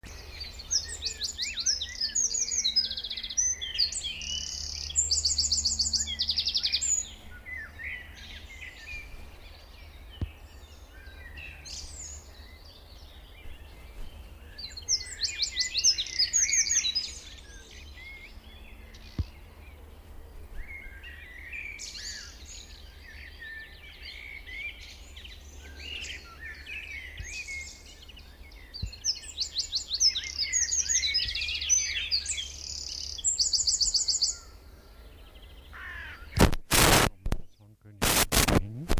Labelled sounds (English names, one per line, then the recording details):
Eurasian Wren song
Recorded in the wild
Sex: male
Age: adult
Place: Lübars (Fließtal), Berlin, DE
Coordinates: 52.6167, 13.35
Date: 1998-05-23 19:22
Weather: cloudy, 15°C
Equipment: Sony MD-WM MZ-R3, Sennheiser MKH 416 T, Kopie Uher 4000 Report Monitor
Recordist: Tembrock, Günter